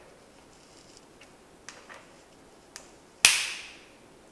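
A TB-TW35 preset torque wrench set to 5 Nm, fitted with a hex bit, tightens a bicycle seat post clamp bolt. A few faint ticks come before one loud, sharp click at 3.3 s that rings out briefly, and the wrench confirms the set 5 Nm torque was reached.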